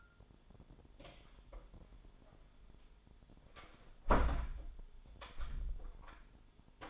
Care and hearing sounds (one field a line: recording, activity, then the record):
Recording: daily activity, microphone in the room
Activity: close door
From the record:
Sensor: 5